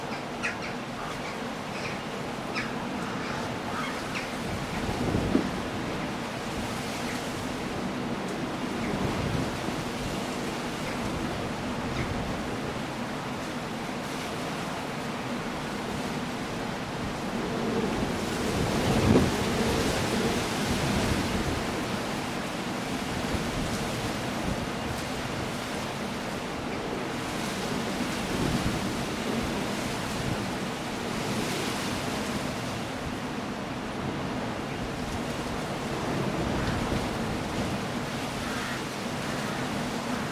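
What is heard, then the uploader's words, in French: A storm on the coast: a dense, continuous roar of wind and surf fills the whole 40 seconds. Louder gusts or breaking waves swell up around 5 and 19 seconds, with a low, rumbling layer of buffeting underneath throughout. Une tempête sur la côte. La côte sauvage des rivages du sud-ouest de l'Angleterre.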